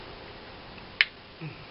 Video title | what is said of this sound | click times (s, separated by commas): DIY MC4 SOLAR COMBINER BOX | you can hear that click when | 1.0 s